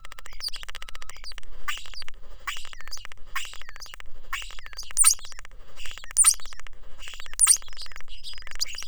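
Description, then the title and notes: European Starling song of repeated grating phrases and clicks, some topped by a high squeak. Song provided by Justin Kiggins, a neuroscientist who studies auditory perception and the brains of communicating birds. "European Starling song file from Justin"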